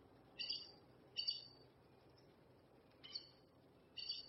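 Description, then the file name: Red-necked aracari calls, short sharp squeaky notes in four separated bursts, over quiet background hiss. "Aracari de pescoco vermelho"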